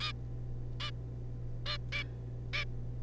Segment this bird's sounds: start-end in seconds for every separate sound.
0.01-0.12, 0.80-0.91, 1.66-1.78, 1.92-2.03, 2.53-2.65